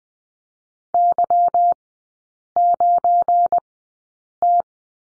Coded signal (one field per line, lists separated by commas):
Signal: Morse code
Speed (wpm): 20 wpm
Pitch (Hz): 700 Hz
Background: none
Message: Y9T